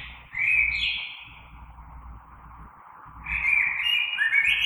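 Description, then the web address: Common blackbird delivering two mellow fluting phrases about three seconds apart, over a low rumbling background. Recorded on 3 March 2020. "oiseaux Merle 2020 03 03"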